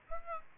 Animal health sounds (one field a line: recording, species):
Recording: mosquito wingbeat signal from an infrared sensor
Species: Aedes aegypti